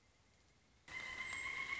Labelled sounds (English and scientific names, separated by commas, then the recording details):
Pileated Woodpecker (Dryocopus pileatus)
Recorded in Sonoma County, California